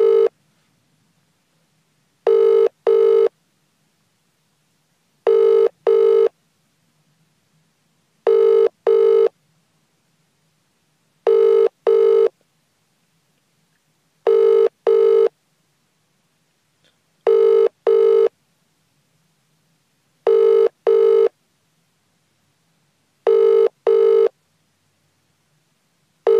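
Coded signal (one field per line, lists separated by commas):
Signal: none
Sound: phone ringing tone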